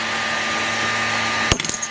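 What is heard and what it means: A press-fit metal joint in a Saito FA-100 model glow engine assembly is heated under a steady broadband hiss until the two metal parts separate. A sharp click at 1.5 s is followed by snaps at 1.6 s and 1.7 s as the joint releases and comes apart.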